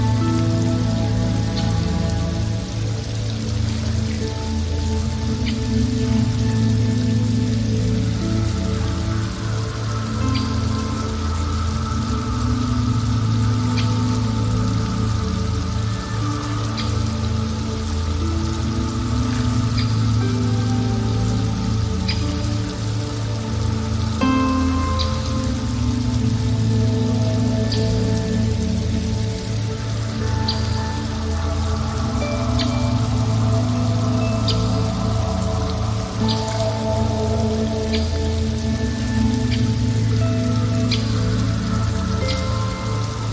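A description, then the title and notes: Raindrops fall as scattered, bright ticks over a steady, soft hiss. They sit on a dense, low musical drone that swells gently about every six seconds, with slow sliding tones drifting across the middle range. The level stays even throughout. Soothing Meditation Rain Music. The sounds of raindrops falling.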